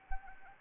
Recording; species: mosquito wingbeat signal from an infrared sensor; Anopheles arabiensis